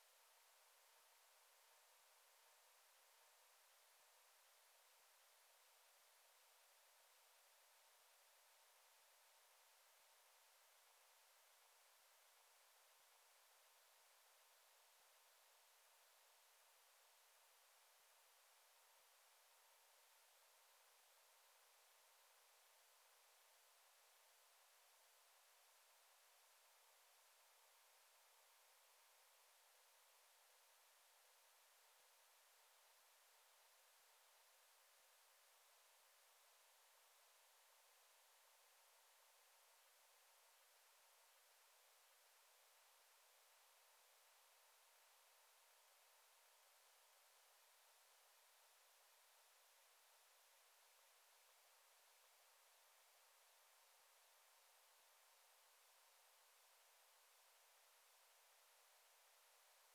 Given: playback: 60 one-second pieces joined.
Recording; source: accelerometer signal; background